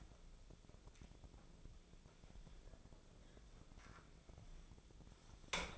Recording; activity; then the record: daily activity, microphone in the room; wipe stove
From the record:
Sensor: 5